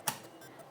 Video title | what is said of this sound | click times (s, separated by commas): Upgrade Laptop 💻 Lenovo Ideapad 330S - Instalar/Cambiar SSD en M.2, Memoria RAM y HDD/SSD de 2.5" | nó cũng đi vào khoảng 35° hoặc 30° và chúng ta hạ thấp nó cho đến khi nghe thấy tiếng tách của nó, sẵn sàng, | 0.1 s